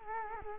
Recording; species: mosquito wingbeat signal from an infrared sensor; Culex quinquefasciatus